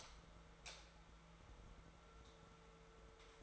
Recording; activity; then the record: daily activity, microphone in the room; light off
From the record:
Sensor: 3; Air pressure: 1014.6 hPa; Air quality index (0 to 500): 183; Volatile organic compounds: 19 ppm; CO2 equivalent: 2669 ppm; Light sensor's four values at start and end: 18/47/19/20 and 15/38/16/17